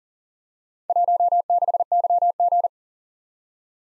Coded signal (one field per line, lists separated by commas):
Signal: Morse code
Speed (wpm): 38 wpm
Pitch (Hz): 700 Hz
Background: none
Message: 16YG